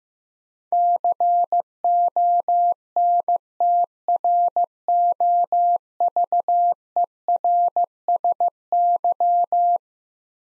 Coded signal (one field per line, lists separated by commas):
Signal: Morse code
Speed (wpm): 15 wpm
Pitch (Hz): 700 Hz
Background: none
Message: CONTROVERSY